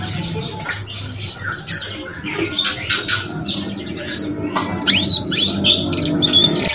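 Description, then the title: Canary song of scattered chirps and short trills that grows livelier, adding clear whistled slurs near the end; a faint low hum throughout. Belgian canary song used to stimulate young canaries to start singing and chirping quickly. "Canto Para Esquentar Canário Belga. SUARA KENARI PAUD CUIT CUIT BELAJAR BUNYI - pancingan kenari paud muda agar cepat bunyi dan ngeriwik"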